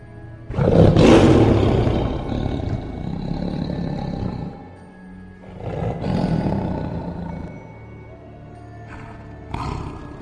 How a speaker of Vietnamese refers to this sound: Trước sự sững sờ của mọi người, con hổ đen trong nháy mắt nhảy xuống, đứng lừng lững, chân của nó chõi ra, lông bờm dựng lên, gầm lên một tiếng đầy uy vũ.